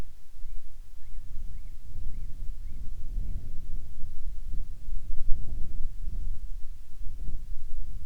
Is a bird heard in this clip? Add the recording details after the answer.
yes. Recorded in the Arctic National Wildlife Refuge, Alaska, on 10 July 2019 at 18:29. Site 44